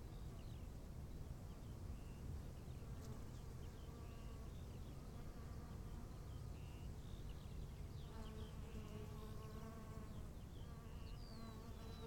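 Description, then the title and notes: Bees buzzing in a low, steady hum over constant rumbling wind, with thin whistled bird calls scattered above. Bees on a field path to the Bruder-Klaus chapel, Wachendorf, 15:15, with birds and wind around. "feldweg zur bruder-klaus-kapelle, bienen"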